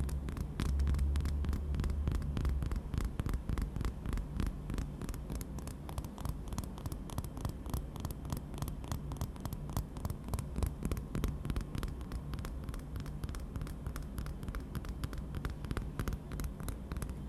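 Fast, steady tapping on dark objects runs the whole time, the clicks packed closely together at a fairly even pace. Underneath sits a constant low hum, with a deeper throbbing tone swelling briefly near the start.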